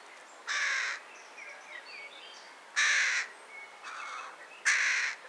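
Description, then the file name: Carrion crow uttering harsh, grating caws, four in total at irregular gaps of under half a second to about two seconds, while small birds chirp softly behind. "Corvus corone"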